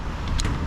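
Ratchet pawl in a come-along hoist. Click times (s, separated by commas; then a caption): 0.4 s. The handle of a come-along hoist used to raise a traffic light is worked again, and its pin lets the ratchet pawl release one more tooth. A single sharp click is heard at 0.4 s over a steady low rumble, confirming the ratchet has released another notch.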